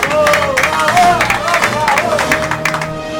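An audience applauds and cheers steadily for a few seconds, the dense clapping mixed with crowd noise and a sustained tonal sound, loud throughout with no pause.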